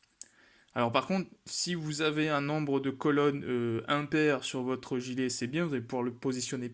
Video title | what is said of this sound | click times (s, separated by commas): holster AdaptX universel de SWISS ARMS | eux viennent bien, pareil, se clipser sur les passants mollys sur les lignes du dessus. | 0.2 s